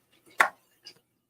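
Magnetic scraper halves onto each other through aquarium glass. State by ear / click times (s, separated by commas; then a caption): seated / 0.4 s. The two halves of a powerful magnetic aquarium glass scraper are brought together through the aquarium glass and snap onto each other with a sharp crack at 0.4 s, followed by a much fainter knock near 0.9 s. The scraper halves are confirmed seated.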